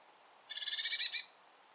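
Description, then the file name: Eurasian blue tit churr: one short, harsh, buzzy rattle of rapidly pulsed notes lasting under a second, with quiet background before and after. "Cyanistes caeruleus"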